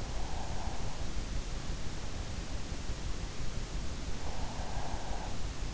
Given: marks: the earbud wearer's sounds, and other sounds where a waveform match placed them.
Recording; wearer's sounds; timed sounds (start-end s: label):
sounds in sleep by an in-ear microphone; breath
0.00-1.13 s: breath
4.16-5.54 s: breath